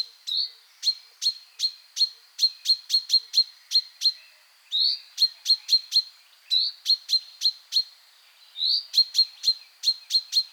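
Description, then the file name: Common chaffinch calls: short, sharp metallic notes repeated in quick irregular runs, sometimes several per second, with occasional slurred rising chirps between bursts. "Fringilla coelebs"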